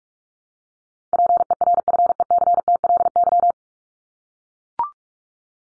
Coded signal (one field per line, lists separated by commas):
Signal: Morse code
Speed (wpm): 44 wpm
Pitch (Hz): 700 Hz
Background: none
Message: PERFECTLY